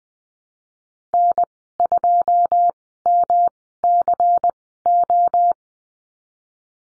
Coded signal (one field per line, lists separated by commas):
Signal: Morse code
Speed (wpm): 19 wpm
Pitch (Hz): 700 Hz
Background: none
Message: N2MCO